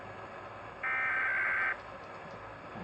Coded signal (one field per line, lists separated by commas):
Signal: Emergency Alert System (SAME) tones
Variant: header bursts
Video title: Rating eas alarms part 1